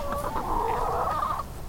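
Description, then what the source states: Chicken calls: drawn-out tonal notes and soft clucks for over a second, over low background noise. Backyard hens in Los Angeles, originally a box of a dozen chickens bought online by former landlords.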